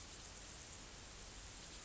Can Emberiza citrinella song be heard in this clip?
no